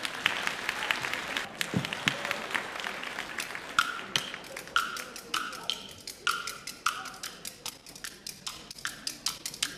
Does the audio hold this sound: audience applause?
yes